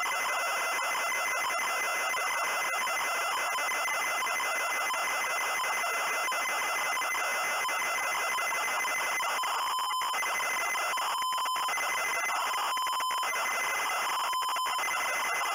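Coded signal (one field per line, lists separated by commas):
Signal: ZX Spectrum tape loading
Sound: harsh buzzing data screech, then stuttering chopped tones around 1 kHz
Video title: Me loaded on the ZX Spectrum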